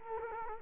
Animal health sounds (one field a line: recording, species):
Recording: mosquito wingbeat signal from an infrared sensor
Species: Culex quinquefasciatus